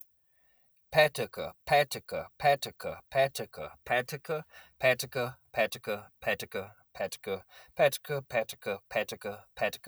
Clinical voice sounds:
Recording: repeated syllables /pa ta ka/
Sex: male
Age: 40 to 49 years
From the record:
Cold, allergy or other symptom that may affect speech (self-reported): no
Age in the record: 44 years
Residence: Kentucky, United States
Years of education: 12

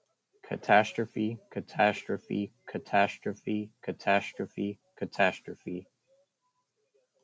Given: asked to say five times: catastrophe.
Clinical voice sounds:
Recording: repeated word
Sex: male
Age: 20 to 29 years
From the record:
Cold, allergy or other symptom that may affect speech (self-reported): no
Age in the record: 24 years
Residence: Texas, United States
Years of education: 14

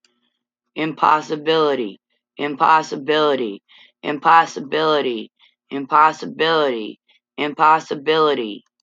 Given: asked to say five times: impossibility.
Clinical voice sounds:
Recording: repeated word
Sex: female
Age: 40 to 49 years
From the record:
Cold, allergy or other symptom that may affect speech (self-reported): no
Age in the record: 42 years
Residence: Iowa, United States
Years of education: 14

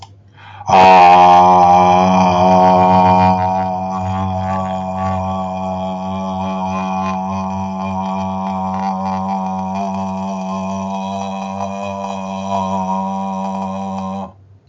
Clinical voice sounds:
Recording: vowel held as long as possible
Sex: male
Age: 50 to 59 years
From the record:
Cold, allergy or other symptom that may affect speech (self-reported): no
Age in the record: 50 years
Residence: North Carolina, United States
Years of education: 16

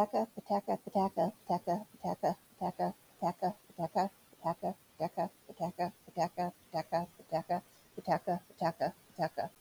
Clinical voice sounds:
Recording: repeated syllables /pa ta ka/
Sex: female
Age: 40 to 49 years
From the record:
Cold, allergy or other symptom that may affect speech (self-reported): no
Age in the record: 48 years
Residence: California, United States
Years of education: 12

